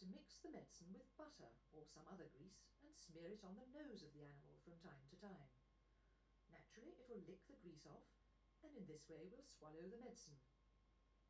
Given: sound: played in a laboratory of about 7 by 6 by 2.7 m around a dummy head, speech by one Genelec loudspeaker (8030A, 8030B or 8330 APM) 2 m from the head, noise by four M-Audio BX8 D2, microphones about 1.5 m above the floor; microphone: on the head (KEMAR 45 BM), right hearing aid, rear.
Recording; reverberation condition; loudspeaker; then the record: female speech in English; low; 90 degrees to the left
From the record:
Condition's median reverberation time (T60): about 310 ms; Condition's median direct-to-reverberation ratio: about 3.5 dB